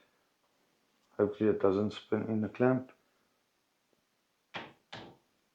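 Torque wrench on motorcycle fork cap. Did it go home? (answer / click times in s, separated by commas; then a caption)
yes / 4.5 s, 4.9 s. Someone talks while a motorcycle fork, from an R1 fork service, is held in a clamp and a torque wrench is given a light pull on the fork cap. The torque wrench then gives two sharp clicks at about 4.6 s and 4.9 s, confirming the fork cap is torqued and the job is done.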